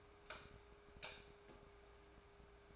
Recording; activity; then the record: daily activity, microphone in the room; light off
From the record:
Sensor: 2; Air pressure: 1010.1 hPa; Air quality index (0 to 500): 158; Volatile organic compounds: 7 ppm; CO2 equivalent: 1985 ppm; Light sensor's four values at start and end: 44/110/49/54 and 40/97/43/49